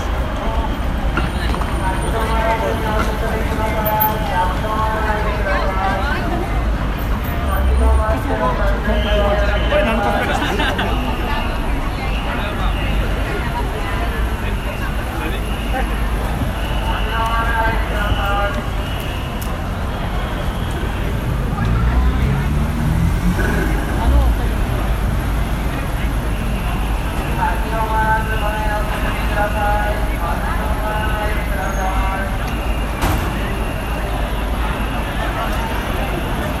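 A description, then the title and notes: Crowd noise at Shibuya during Halloween, with a steady low rumble of traffic and voices throughout. Bursts of talking and shouting rise out of the babble every few seconds, notably around 3, 8, 18 and 29 seconds, over a constant dense murmur. Recorded of the sounds, noises and atmosphere at Shibuya Halloween Crowd 2021. Arranged using only the sound materials, not added other sounds from any instruments, synthesizer, modular and so on.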